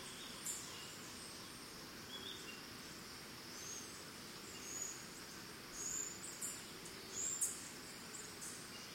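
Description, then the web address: Crickets chirping as a steady high-pitched buzz, with brief sharp bird chirps scattered throughout. Forest and jungle ambience recorded in Costa Rica, with birds. "Big Room Sound Birds Crickets Costa Rica Distant Monkeys"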